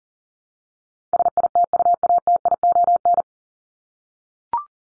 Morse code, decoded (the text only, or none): SITUATION